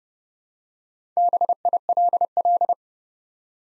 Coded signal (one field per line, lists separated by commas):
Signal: Morse code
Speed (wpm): 30 wpm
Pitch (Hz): 700 Hz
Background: none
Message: BILL